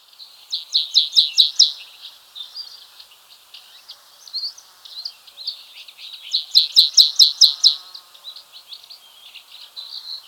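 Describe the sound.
White-capped bunting giving two fast series of bright, high repeated notes, each about a second long, with softer scattered chips between them.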